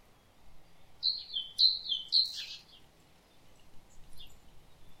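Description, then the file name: Great tit giving three quick high-low two-note phrases over a steady hiss of background noise, followed by a brief rasping sound. "Parus major"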